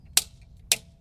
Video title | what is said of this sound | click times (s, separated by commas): Continental Made a Custom Tire for the Model Y - So I Tested it | And it clicks into place there. | 0.2 s, 0.7 s